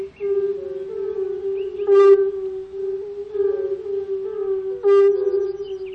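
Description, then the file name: European fire-bellied toad chorus, a steady overlapping drone of mellow low notes, with brighter harsh bursts near two and five seconds. "Rotbauchunke"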